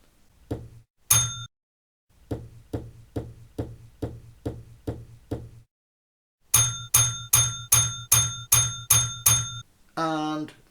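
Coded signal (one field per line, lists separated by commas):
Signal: bell signal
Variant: UK block bell code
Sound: two knocks, eight evenly spaced muffled taps, then eight ringing bell strikes in reply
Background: indoor room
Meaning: Shunting is finished and the shunt has been withdrawn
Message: 8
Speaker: sending the shunt withdrawn bell code. That's 8 bells. and they're going to reply with 8 bells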